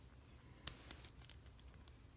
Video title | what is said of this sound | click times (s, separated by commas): Amazing yamaguchi Revoltech Deathstroke Figure Review | you can just click the gun on the side and put in the back of his back his butt pocket but | 0.7 s